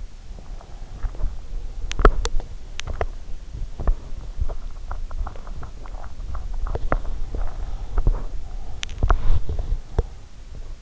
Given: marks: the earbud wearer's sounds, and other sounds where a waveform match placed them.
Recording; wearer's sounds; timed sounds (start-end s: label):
sounds in sleep by an in-ear microphone; body movement, teeth grinding
0.06-10.82 s: body movement
1.78-10.27 s: teeth grinding